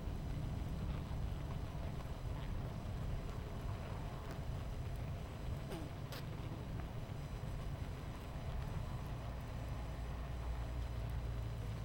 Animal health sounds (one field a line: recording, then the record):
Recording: honeybee colony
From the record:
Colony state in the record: missing queen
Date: 14 July 2017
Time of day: 11:18